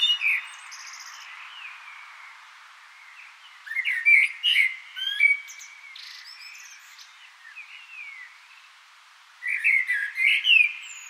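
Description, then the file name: Common blackbird singing varied fluted phrases mixed with scratchy high-pitched twitters, with pauses between verses. "Turdus merula"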